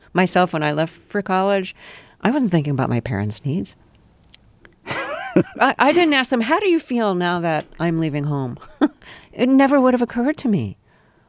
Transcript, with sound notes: myself when I left for college. I wasn't thinking about my parents' needs.
(Laughter).
I didn't ask them, how do you feel now that I'm leaving home? It never would have occurred to me.